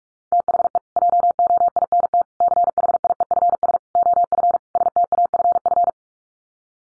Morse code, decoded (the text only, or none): THE JOINT CHIEFS OF STAFF